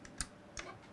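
A plastic RJ45 Ethernet plug is pushed into a different port on an AtomMan G7 Ti, one that latches properly. A faint tick at 0.05 s leads into the main sharp, bright click at 0.2 s, and a softer tap follows at 0.6 s. The plug seats and locks in as it should.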